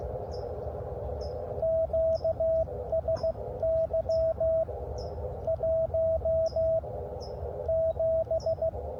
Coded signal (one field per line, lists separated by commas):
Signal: Morse code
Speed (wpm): 16 wpm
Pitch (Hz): 650 Hz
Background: radio noise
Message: QSY 17